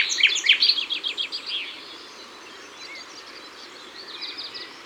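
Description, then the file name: Common nightingale song: a quick series of loud pulsed notes over about a second and a half, then quiet twittering from birds. Ardèche. "Rossignol-Philomele-Concerts-Naturels-De-l Ardeche"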